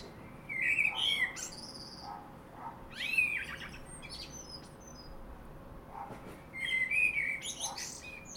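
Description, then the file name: Common blackbird giving fluty warbled phrases with squeaky high flourishes, three bursts spaced several seconds apart. "Turdus merula"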